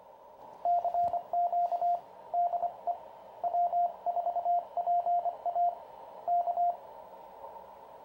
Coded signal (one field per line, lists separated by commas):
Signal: Morse code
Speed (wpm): 25 wpm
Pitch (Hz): 700 Hz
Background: radio noise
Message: CQ DE W4PA K